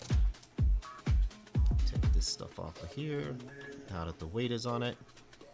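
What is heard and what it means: Heavy low booming beats, more like a music bed than a part seating, fill the first 2.3 seconds. Someone then talks until the end at 5.6 s, and no sharp snap shows the part going home.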